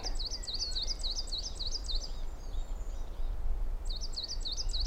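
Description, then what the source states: Coal tit singing a rapid series of high, see-sawing double notes, pausing briefly before resuming the same bouncy phrase, with low background rumble. Coal tit at the very top of a spruce.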